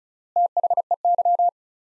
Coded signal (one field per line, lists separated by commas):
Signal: Morse code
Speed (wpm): 36 wpm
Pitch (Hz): 700 Hz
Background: none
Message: THEY